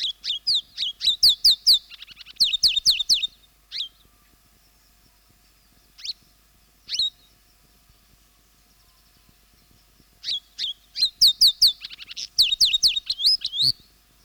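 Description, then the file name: African pied wagtail giving bursts of high, clear chirping notes, fast runs of sharp descending whistles separated by quieter single notes and several seconds of near silence. "Motacilla aguimp -- African Pied Wagtail"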